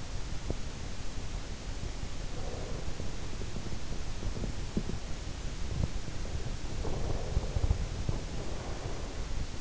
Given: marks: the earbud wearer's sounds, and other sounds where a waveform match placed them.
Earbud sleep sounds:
sounds in sleep by an in-ear microphone; teeth grinding, breath
0.31-0.76 s: teeth grinding
1.60-2.02 s: teeth grinding
2.02-3.86 s: breath
2.79-5.03 s: teeth grinding
5.48-6.12 s: teeth grinding
6.64-9.61 s: breath
7.90-8.39 s: teeth grinding

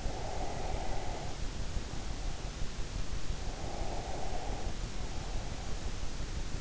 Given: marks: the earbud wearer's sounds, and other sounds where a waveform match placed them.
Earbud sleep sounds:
sounds in sleep by an in-ear microphone; breath
0.07-2.57 s: breath
3.53-5.84 s: breath

